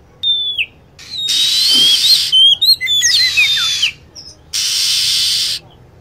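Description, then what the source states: Lovebird calls: sharp whistled notes sliding down, some short chirps, broken up by long bursts of loud steady hissing noise. Lure sound used to attract lovebirds.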